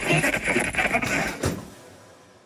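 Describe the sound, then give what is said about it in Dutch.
Harsh, high gull cries overlap in a rough burst against a steady wash of stormy wind at the Holwerd landing pier on the Wadden Sea, where the wind drives waves against the pier posts, then a dull thump cuts in before the sound fades away. “Meeuwen krijsen een wild lied van storm en branding.”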